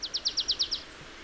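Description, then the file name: Marsh tit notes: seven clear, high downslurred chips delivered rapidly and evenly, fading slightly toward the end. "Poecile palustris"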